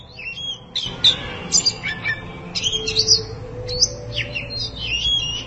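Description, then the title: Oriental magpie-robin song, bursts of sharp whistles and sweeping notes separated by short pauses, with a soft low tone and background rumble. "Kacer Durasi Panjang"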